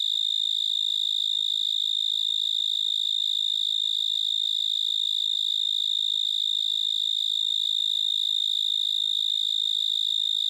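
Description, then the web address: Pine Tree Cricket singing a continuous, even, high-pitched trill of rapid pulses that runs unbroken throughout. "Crickets and Katydids. Pine Tree Cricket"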